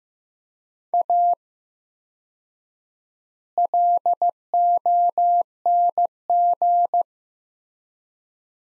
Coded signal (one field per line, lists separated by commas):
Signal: Morse code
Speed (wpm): 16 wpm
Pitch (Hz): 700 Hz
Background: none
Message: A LONG